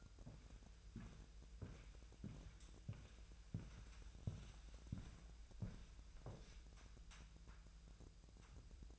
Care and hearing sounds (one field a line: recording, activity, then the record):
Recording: daily activity, microphone in the room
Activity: walk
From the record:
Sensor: 2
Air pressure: 1001.9 hPa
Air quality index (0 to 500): 228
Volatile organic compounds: 56 ppm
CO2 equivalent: 3375 ppm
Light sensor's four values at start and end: 7/16/6/7 and 6/16/6/7